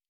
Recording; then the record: hydrophone in a shrimp aquaculture tank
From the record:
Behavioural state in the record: normal